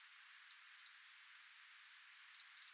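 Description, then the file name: European robin giving a few high ticks, then a brief rapid cluster of clicks at the end. "Erithacus rubecula"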